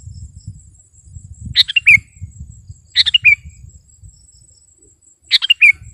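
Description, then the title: Sooty-headed bulbul repeating a brief liquid, falling phrase three times at irregular intervals, with a steady high whine and low background rumble. "kutilang"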